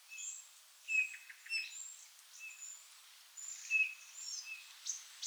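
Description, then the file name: Eurasian bullfinch calls: soft, pure, piping whistles, each short, given a few times amid faint high twittering from other birds. "Pyrrhula pyrrhula"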